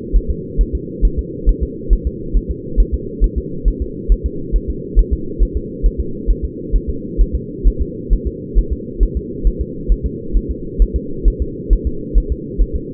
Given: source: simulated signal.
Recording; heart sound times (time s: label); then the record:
fetal heart sounds
0.16 s: S1
0.30 s: S2
0.61 s: S1
0.75 s: S2
1.05 s: S1
1.19 s: S2
1.49 s: S1
1.63 s: S2
1.93 s: S1
2.07 s: S2
2.37 s: S1
2.51 s: S2
2.80 s: S1
2.94 s: S2
3.24 s: S1
3.38 s: S2
3.68 s: S1
3.82 s: S2
4.12 s: S1
4.26 s: S2
4.56 s: S1
4.70 s: S2
4.99 s: S1
5.13 s: S2
5.43 s: S1
5.57 s: S2
5.86 s: S1
6.00 s: S2
6.31 s: S1
6.45 s: S2
6.75 s: S1
6.90 s: S2
7.21 s: S1
7.35 s: S2
7.67 s: S1
7.81 s: S2
8.13 s: S1
8.27 s: S2
8.59 s: S1
8.73 s: S2
9.03 s: S1
9.17 s: S2
9.47 s: S1
9.61 s: S2
9.92 s: S1
10.06 s: S2
10.37 s: S1
10.51 s: S2
10.82 s: S1
10.96 s: S2
11.28 s: S1
11.42 s: S2
11.73 s: S1
11.87 s: S2
12.18 s: S1
12.32 s: S2
12.62 s: S1
12.76 s: S2
From the record:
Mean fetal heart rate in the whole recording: 135 bpm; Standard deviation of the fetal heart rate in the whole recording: 3 bpm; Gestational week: 36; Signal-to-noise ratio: -4.3 dB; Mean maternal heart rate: 72 bpm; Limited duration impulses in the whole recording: absent